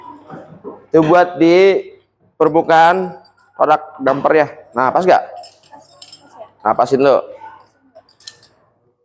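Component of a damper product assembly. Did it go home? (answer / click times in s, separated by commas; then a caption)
yes / 8.2 s, 8.3 s. A component is fitted onto a damper product and pressed in while someone talks. A sharp click at 8.2 s and 8.3 s marks the component locking into place, seated and confirmed.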